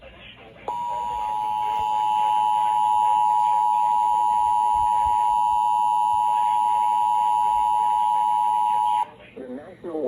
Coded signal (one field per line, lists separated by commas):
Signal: Emergency Alert System (SAME) tones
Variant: 853 and 960 Hz attention tone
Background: speech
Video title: NINE ELEVEN WEATHER- EAS Alerts on 9/11/2022 (EAS #237-249)